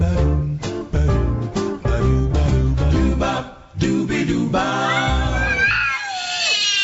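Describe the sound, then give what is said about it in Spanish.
A loud burst of rhythmic, chopped music gives way to cats screeching and yowling, their shrill, wavering cries rising and sliding downward over the last few seconds. “Un saco de gatos.”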